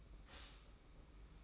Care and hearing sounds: daily activity, microphone in the room; stop toaster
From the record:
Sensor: 1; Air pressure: 991.7 hPa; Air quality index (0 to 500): 171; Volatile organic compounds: 1000 ppm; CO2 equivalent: 6430 ppm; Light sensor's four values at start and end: 33/110/42/44 and 33/110/42/44

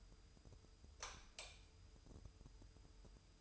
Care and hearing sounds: daily activity, microphone in the room; light off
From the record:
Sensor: 2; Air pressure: 988.3 hPa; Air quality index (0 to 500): 191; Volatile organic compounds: 186 ppm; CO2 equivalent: 4166 ppm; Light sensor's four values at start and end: 11/34/13/13 and 6/16/6/7

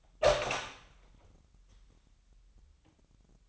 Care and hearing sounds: daily activity, microphone in the room; open door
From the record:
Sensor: 3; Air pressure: 998.4 hPa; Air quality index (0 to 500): 143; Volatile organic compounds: 5 ppm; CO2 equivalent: 1707 ppm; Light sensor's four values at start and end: 16/46/18/17 and 16/46/18/17

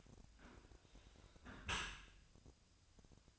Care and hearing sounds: daily activity, microphone in the room; close dishwasher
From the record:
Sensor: 2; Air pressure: 1003.0 hPa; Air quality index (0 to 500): 198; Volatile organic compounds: 6 ppm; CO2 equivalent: 1880 ppm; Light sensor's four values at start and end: 13/32/14/15 and 13/32/14/15

